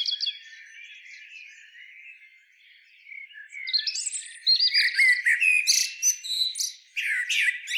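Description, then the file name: Common blackbird song: low, quiet fluting at first, swelling into a long, loud run of squeaky, chattering high notes. "Turdus merula"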